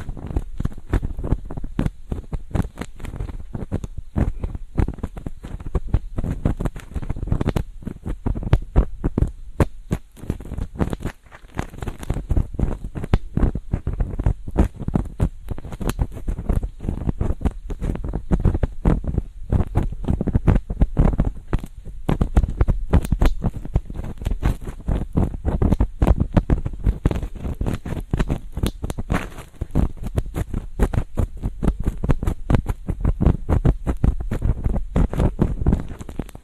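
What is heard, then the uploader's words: A feather pick brushes and scratches continuously, making dense, rapid soft scraping with frequent sharper crackles and a steady low rumble underneath throughout. Ear cleaning. 3DIO 마이크를 이용한 귀청소!! Feather pick (솜털귀이개).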